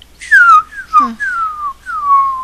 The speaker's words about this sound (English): There's like little, they're like some kind of little fireworks that make those type of sounds, you know, little whistling things.